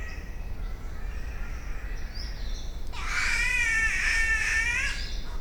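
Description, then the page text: Green catbird yowling call: a nasal, wavering, cat-like wail lasting about two seconds with rich harmonics, preceded by steady low rumbling background noise. "Голоса птиц - Зелёная птица-кошка (Ailuroedus crassirostris)"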